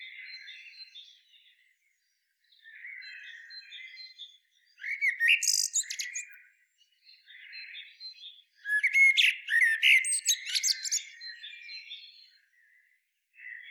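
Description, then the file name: Common blackbird giving soft, scratchy twitters, then two louder bursts of squeaky, tumbling high notes several seconds apart, with quiet gaps between. "Turdus merula"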